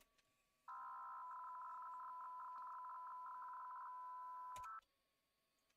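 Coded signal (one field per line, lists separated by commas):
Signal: PSK63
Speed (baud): 62.5 baud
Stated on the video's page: 80 m contest operation, livestreamed.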